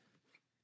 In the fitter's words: and it locks in place. That's simple as that.